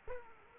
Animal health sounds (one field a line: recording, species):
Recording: mosquito wingbeat signal from an infrared sensor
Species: Aedes aegypti